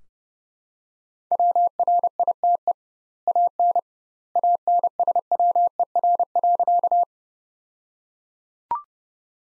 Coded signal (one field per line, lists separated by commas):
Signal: Morse code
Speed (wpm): 32 wpm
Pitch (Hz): 700 Hz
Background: none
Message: WRITE AN ANSWER.